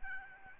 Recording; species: mosquito wingbeat signal from an infrared sensor; Aedes albopictus